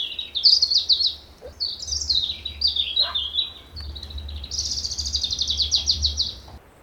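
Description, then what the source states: European Robin song: thin, high warbling phrases sliding up and down, then a fast sustained trill, over a faint low hum. Described as always arriving hopping; fluffs its feathers into a ball when cold.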